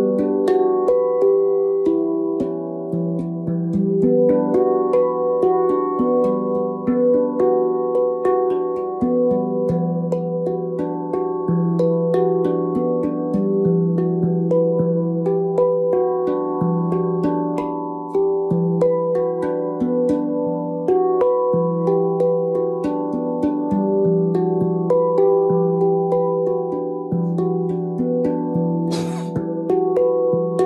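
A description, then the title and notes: A gong rings in a thick, unbroken wash of overlapping low and mid tones that swell and shift without pause. Rapid, regular soft strikes keep the sound fed at a steady loudness, with a brief bright shimmer near the end. Sound Alchemist Julie Jewels Smoot uses the Chiron Gong, also known as the wounded healer. The vibrations of the Chiron Gong.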